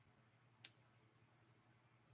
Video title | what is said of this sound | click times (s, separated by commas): March 31, 2025 Live Sale 3 est | there we go. It's got a great clasp. It clicks right in. | 0.7 s